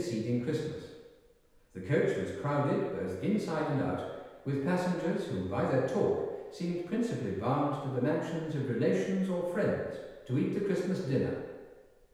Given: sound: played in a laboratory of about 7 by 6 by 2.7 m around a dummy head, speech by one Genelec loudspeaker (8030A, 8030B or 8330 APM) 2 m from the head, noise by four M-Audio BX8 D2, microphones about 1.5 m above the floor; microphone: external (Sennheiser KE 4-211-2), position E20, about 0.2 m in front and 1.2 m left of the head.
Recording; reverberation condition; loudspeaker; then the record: male speech in English; high; 150 degrees to the right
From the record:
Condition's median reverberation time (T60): about 1300 ms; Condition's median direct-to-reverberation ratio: about -4.0 dB